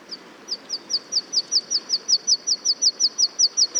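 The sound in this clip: Bird calling with a rapid, regular string of high, thin notes, steady throughout, with light background hiss.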